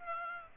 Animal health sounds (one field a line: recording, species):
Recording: mosquito wingbeat signal from an infrared sensor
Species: Aedes aegypti